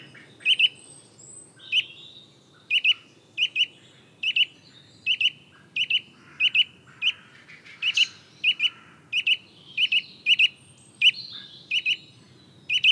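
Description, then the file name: Eurasian nuthatch repeating short, emphatic piping notes, singly and in pairs, in a steady series throughout. "Sitta europaea"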